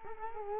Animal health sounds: mosquito wingbeat signal from an infrared sensor; Culex quinquefasciatus

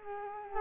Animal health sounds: mosquito wingbeat signal from an infrared sensor; Culex quinquefasciatus

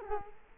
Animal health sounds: mosquito wingbeat signal from an infrared sensor; Culex quinquefasciatus

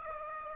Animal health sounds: mosquito wingbeat signal from an infrared sensor; Aedes aegypti

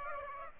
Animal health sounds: mosquito wingbeat signal from an infrared sensor; Aedes aegypti

